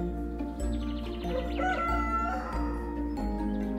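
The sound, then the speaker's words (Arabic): A rooster crows loudly, its long rising and falling call stretching across a few seconds over a steady low hum, with a few softer clucks and bird chirps mixed in. “استيقظ جحا على صوت صياح الديك”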